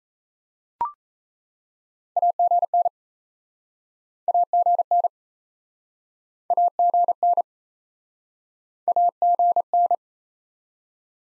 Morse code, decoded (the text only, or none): AGN AGN AGN AGN